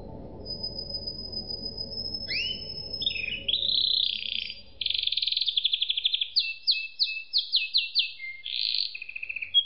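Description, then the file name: Canary song: long high whistled notes leading into fast buzzy rolls and rapid repeated trills, with a faint low rumble underneath at the start. "suara kenari makige"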